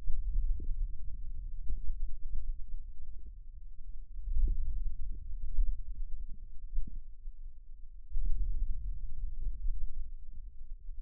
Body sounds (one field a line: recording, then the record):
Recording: forearm muscle sounds (acoustic myography)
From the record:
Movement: hand opening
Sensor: system 2, bracelet of six BSWA MPA416 microphones around the upper forearm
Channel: 1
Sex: male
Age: 22 years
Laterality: right